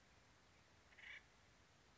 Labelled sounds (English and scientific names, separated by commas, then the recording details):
Acorn Woodpecker (Melanerpes formicivorus)
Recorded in Sonoma County, California